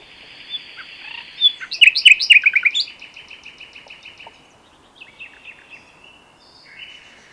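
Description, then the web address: Common nightingale song: a buzzy note, then a rich burst of quick descending chirps and a churring trill, with softer notes after. "pub SETE data Luscinia megarhynchos"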